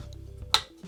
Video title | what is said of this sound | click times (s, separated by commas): Découvrez avec moi la Elegoo Mars 5 Ultra | il se clipse comme ceci | 0.5 s